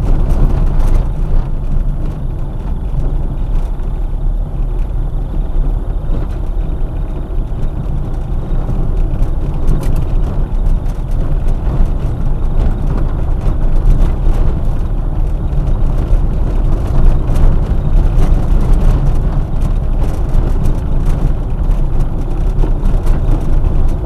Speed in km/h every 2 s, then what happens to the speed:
18, 16, 18, 20, 19, 20, 23, 23, 21, 19, 19, 20.
3-12 speeds up to 23. 12-24 steady at about 20.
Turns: none.